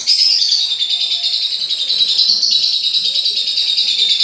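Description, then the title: Lovebird chatter, a dense, buzzy stream of high squeaky notes with a wavering pitch, continuous throughout. Training (masteran) audio for lovebirds, meant to teach them the long continuous ngekek trill; lovebird called labet. "Kicau Lovebird Terapi Masteran LABET Agar Labet Cepet NGEKEK PANJANG"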